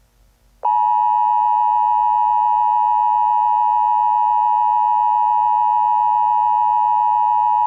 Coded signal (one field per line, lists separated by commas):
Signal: Emergency Alert System (SAME) tones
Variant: 853 and 960 Hz attention tone